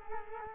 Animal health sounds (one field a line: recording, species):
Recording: mosquito wingbeat signal from an infrared sensor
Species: Culex quinquefasciatus